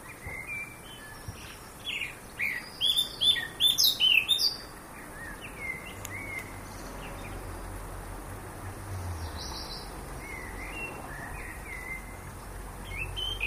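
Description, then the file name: Eurasian blackcap with a short, fast warbled phrase of sweet notes, followed by quieter scattered calls and a low rumble. "Sylvia atricapilla"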